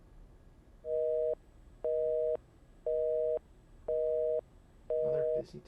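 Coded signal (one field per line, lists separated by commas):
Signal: telephone call progress tone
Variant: North America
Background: speech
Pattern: busy tone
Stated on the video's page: Tone in an improvised feature film built around a collect long-distance phone call.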